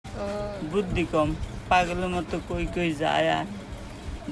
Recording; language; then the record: elicited speech; Bengali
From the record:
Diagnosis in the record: Broca's or global aphasia after a stroke